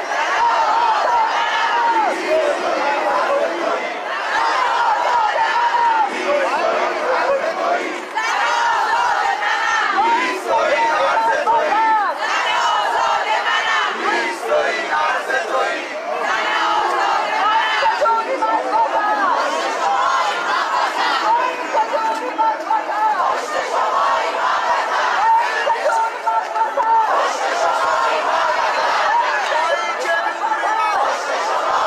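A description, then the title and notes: Protesters fill a downtown street with a dense, steady wall of voices for the full half minute. Shouts and chants rise over constant crowd chatter, with a few piercing high calls cutting through, and the noise stays loud throughout. Protestors take to the streets in downtown Toronto TDC media catches the moments.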